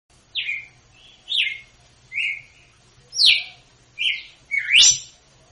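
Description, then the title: Red-cowled cardinal giving a spaced series of whistled notes, some falling, some rising, ending with a sharper upswept note. Female's 'açoite' song, used to teach young birds; Northeast Brazil singing style. "Canto Galo Campina Fêmea. GALO DE CAMPINA/ AÇOITE PARA ENSINAR FILHOTE (CANTO DO NORDESTE)"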